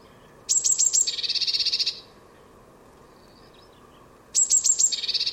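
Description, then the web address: Bird giving a few thin, high ticking notes that run straight into a buzzy churr, the phrase repeated after a pause. "cianscape birddata Deverinetal 2025 Bird Only Cy Ca"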